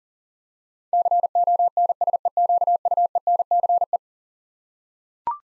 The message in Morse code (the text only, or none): CONSEQUENCE